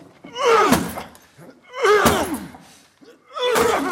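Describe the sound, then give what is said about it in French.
Three heavy slams against a door, evenly spaced, each paired with a loud strained grunt of effort as someone tries to force it open. “Il faut enfoncer cette porte.”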